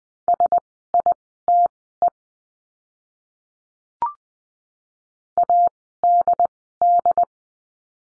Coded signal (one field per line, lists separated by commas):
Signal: Morse code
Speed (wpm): 20 wpm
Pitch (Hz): 700 Hz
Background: none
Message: SITE ADD